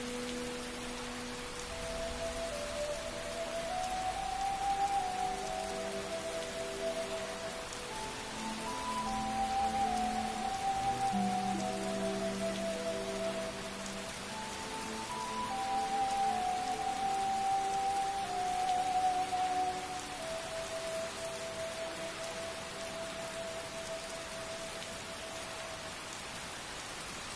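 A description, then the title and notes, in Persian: A rainy night at Hogwarts: steady, dense rain hisses evenly from start to finish. Over it, a slow, soft melody of long held notes drifts in from about two seconds, with low sustained tones beneath, swelling gently midway and fading out near twenty-two seconds. هاگواترز در شب بارانی.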